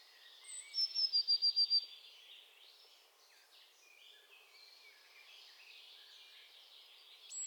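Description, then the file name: Eurasian blue tit calling, a quick burst of several thin, very high notes, then quieter high chirps from other birds in the background. "Cyanistes caeruleus"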